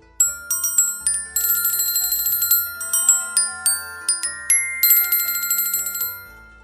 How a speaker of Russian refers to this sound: Раздался приятный перезвон невидимых колокольчиков.